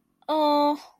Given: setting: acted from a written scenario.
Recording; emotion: vocal sound without words; pain